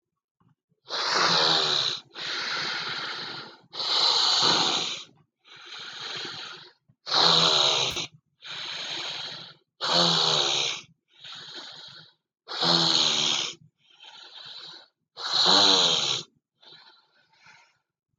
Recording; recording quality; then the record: deep breathing; excellent, no background noise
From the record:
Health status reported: healthy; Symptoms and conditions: asthma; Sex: male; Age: 21 years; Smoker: not ticked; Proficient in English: yes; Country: India